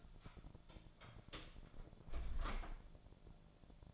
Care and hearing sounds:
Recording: daily activity, microphone in the room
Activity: close door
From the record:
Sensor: 5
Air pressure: 1000.6 hPa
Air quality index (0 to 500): 158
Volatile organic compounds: 2 ppm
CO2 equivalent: 1214 ppm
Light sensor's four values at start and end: 47/109/46/49 and 47/110/46/49

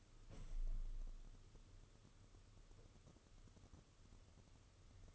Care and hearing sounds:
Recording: daily activity, microphone in the room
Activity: open window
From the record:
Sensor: 4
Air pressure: 995.2 hPa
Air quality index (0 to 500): 190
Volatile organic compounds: 117 ppm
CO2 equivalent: 3860 ppm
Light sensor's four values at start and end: 4/9/3/4 and 5/11/4/4

